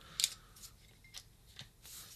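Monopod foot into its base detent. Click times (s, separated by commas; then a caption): 0.2 s. A pop-out foot on the base of an iFootage Cobra 2 Strike monopod is pushed down to one of its several adjustment stops and clicks into place with a sharp click at 0.2 s. Softer ticks follow at about 1.2 s and 1.6 s, and the foot stays seated.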